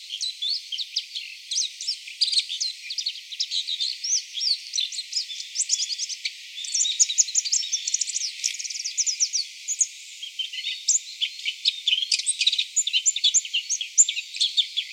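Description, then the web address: Bull-headed shrike chattering, with dense, rapid, scratchy and twittering high notes running almost without pause throughout. Recorded on 23 January 2015. "birdenaga mozu"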